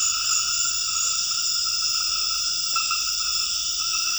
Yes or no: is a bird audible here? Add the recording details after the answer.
no. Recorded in dense forest near Puerto Asís, Putumayo, Colombia, on 8 March 2025 at 21:00. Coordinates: 0.484, -76.325. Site G045